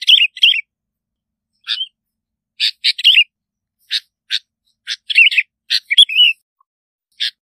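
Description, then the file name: Bulbul song: quick liquid warbled phrases alternating with sharp clipped chips, irregular and high-pitched, with quiet gaps between bursts. "Tieng chao mao bong lau"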